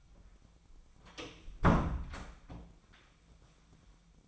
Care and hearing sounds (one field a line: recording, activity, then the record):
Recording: daily activity, microphone in the room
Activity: close door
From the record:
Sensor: 1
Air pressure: 1009.2 hPa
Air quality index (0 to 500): 184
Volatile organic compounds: 4 ppm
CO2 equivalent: 1544 ppm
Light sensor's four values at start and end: 42/112/46/55 and 41/111/46/54